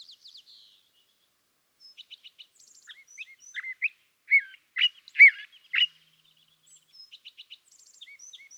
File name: California Thrasher